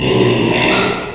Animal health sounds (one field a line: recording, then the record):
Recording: squeal of a Yucatan mini pig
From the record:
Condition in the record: after surgery on the right vocal fold (resection and tissue-engineered implant)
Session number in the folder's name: 1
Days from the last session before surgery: 6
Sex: male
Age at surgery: 12 weeks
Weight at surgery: 13 kg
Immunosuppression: cyclosporine, prednisolone